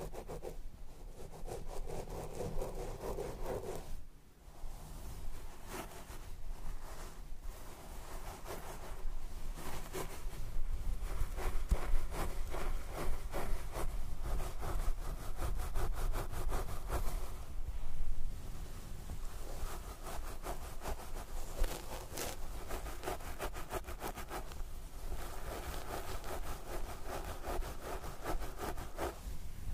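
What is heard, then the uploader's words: Dense scratching and rubbing of brushing through hair, steady throughout with a brief quieter pause near four seconds and low rumble beneath. Scalp Massage & Hair Brushing.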